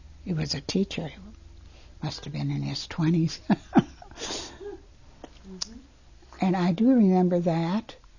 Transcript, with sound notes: He was a teacher. Must have been in his twenties. [Laughs]
Uh-hmm.
And I do remember that